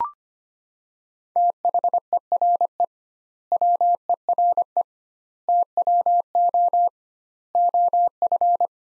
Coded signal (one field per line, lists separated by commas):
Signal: Morse code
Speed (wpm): 25 wpm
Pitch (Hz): 700 Hz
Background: none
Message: THERE WERE TWO OF